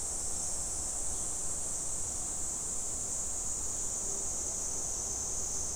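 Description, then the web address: Cicada drone, an even, sizzling high-pitched buzz with no pauses, over a soft low background hum. Recorded on 19 July 2011. "fukudai cicada"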